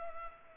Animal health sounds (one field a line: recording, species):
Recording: mosquito wingbeat signal from an infrared sensor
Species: Culex pipiens